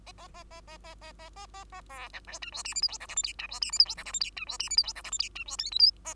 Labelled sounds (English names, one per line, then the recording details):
Bengalese Finch song
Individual Bird2